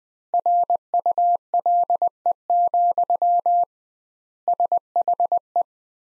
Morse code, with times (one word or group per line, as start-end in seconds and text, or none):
0.3-3.6 RULE,
4.5-5.6 SHE